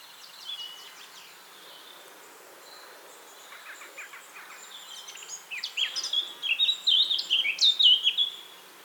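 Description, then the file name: Eurasian blackcap song: soft scratchy twittering at first, then rising to a loud, rich warble of fluty notes. "Sylvia atricapilla"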